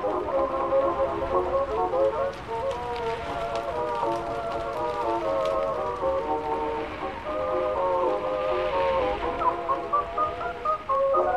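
Oldies music plays steadily with a dense run of melody notes through the middle, over a constant hiss of rain and scattered sharp drips.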